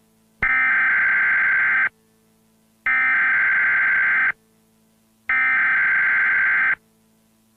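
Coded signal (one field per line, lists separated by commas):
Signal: Emergency Alert System (SAME) tones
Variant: header bursts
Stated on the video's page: Completely fake, fictional EAS Halloween scenario.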